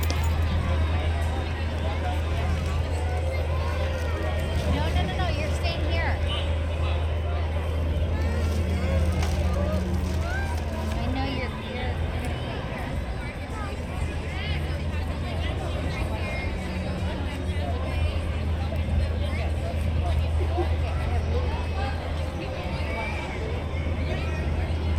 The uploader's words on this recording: Oga's Cantina (Disneyland) Binaural Ambience. Oga's Cantina, in Star Wars Galaxy's Edge.